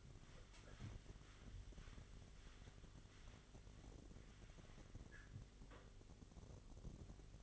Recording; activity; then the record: daily activity, microphone in the room; wipe stove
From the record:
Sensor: 4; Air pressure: 1007.9 hPa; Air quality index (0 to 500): 199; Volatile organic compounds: 7 ppm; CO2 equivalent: 1988 ppm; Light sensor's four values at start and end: 22/71/27/26 and 22/71/27/26